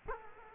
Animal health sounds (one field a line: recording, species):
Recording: mosquito wingbeat signal from an infrared sensor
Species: Culex quinquefasciatus